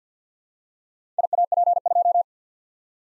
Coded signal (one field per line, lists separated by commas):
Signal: Morse code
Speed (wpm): 52 wpm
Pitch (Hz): 700 Hz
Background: none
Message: IAP2